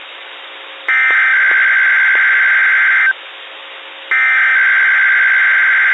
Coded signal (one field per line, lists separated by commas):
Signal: Emergency Alert System (SAME) tones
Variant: header bursts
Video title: REQUIRED WEEKLY BOREDOM - EAS Tests from 10/26/22 (EAS #689 - 692)